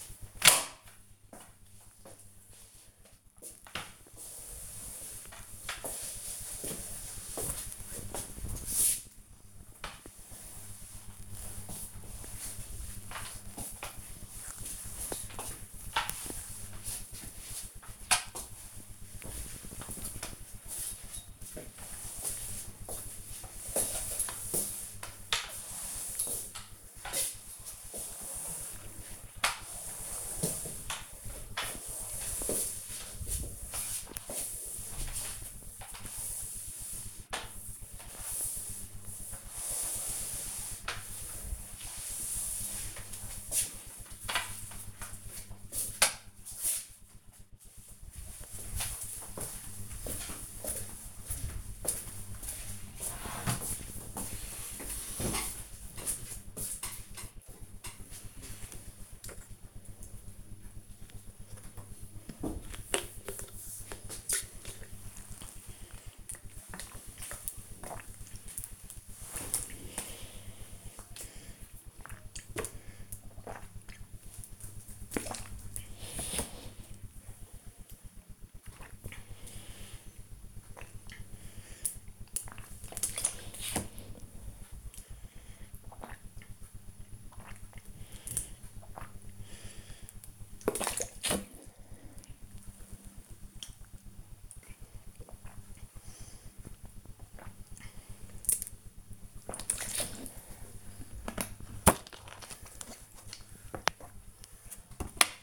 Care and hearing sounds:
household activities, microphone on the right wrist
0.00-44.07 s: floor cleaning
18.33 s: note: music
61.21-99.43 s: drinking

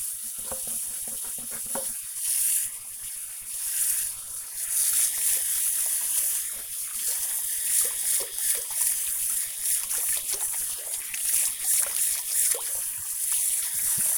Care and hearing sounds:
household activities, microphone on the right wrist
0.00-14.18 s: washing hands

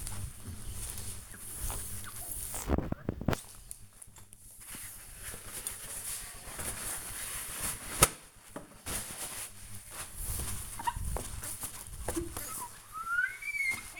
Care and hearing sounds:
household activities, microphone on the right wrist
0.00-14.00 s: window cleaning

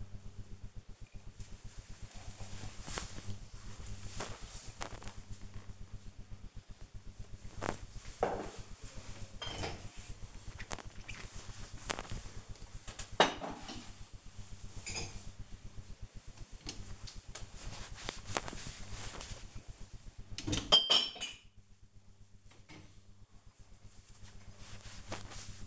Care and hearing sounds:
household activities, microphone on the right wrist
0.00-25.67 s: cleaning out the dishwasher

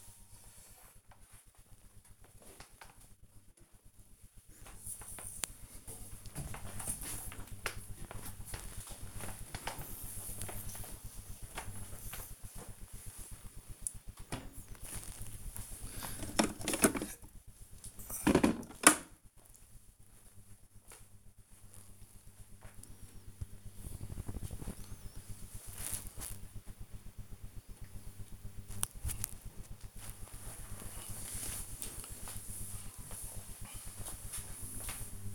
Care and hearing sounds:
household activities, microphone on the right wrist
0.00-14.07 s: floor cleaning

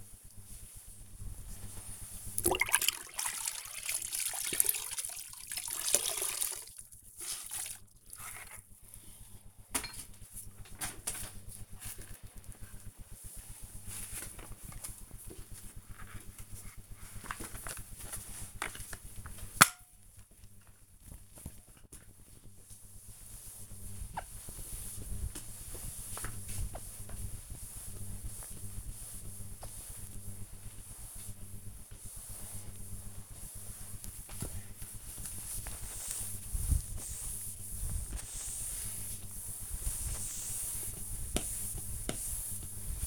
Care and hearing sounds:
household activities, microphone on the right wrist
1.65-43.07 s: floor cleaning

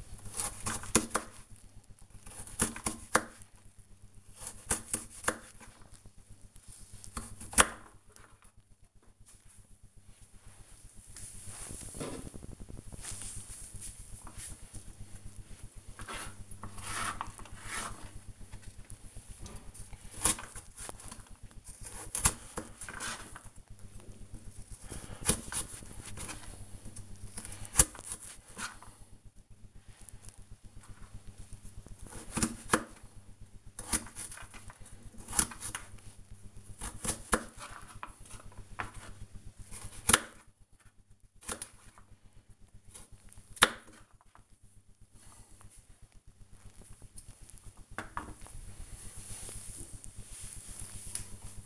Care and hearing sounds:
household activities, microphone on the right wrist
0.00-45.10 s: cutting vegetables

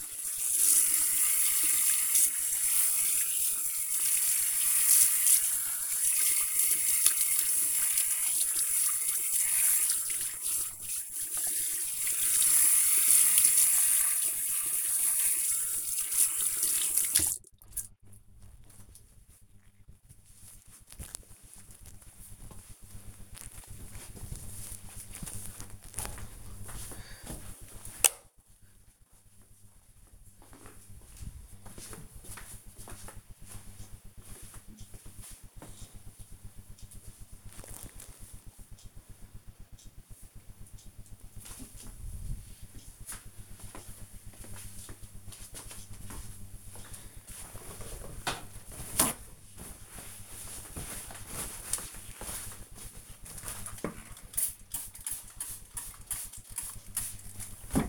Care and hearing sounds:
household activities, microphone on the right wrist
0.00-18.63 s: washing hands
48.78-57.89 s: window cleaning

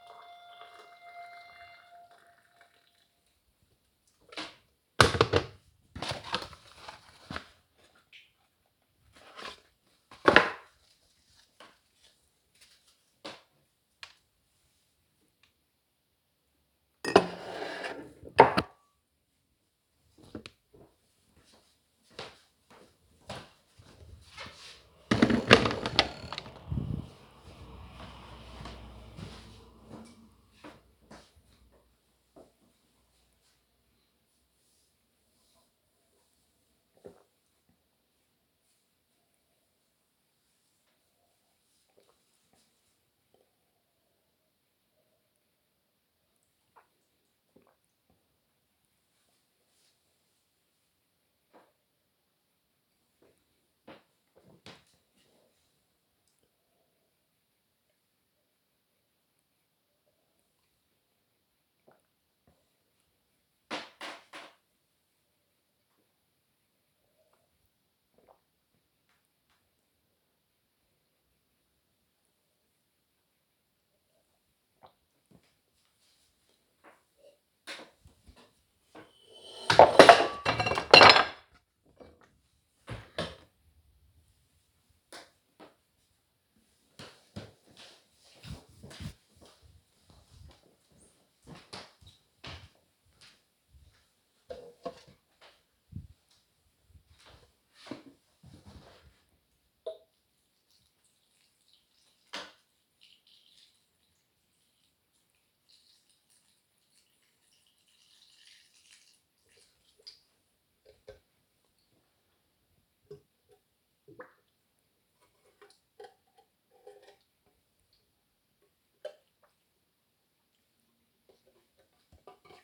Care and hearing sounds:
household activities, microphone on the right wrist
0.00-17.07 s: making tea
31.14-77.31 s: drinking
94.38-122.64 s: watering plant

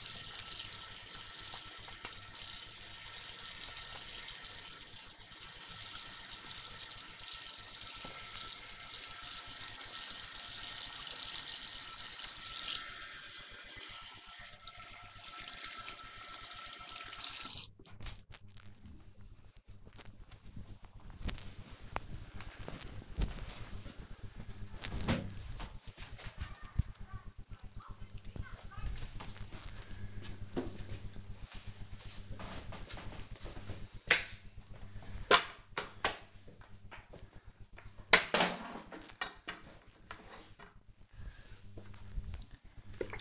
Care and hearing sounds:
household activities, microphone on the right wrist
0.00-18.77 s: washing hands
36.90-43.21 s: floor cleaning

